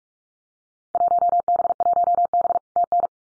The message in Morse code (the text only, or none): 1B1B TN